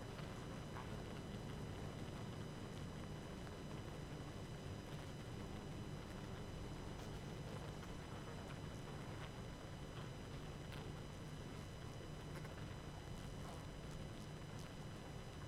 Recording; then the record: honeybee colony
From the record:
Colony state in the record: active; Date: 12 June 2018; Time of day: 19:26